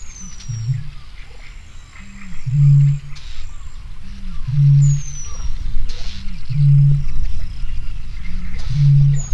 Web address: hortobagyinemzetipark 2013 halastavak madarak bolombika 2013 majus 02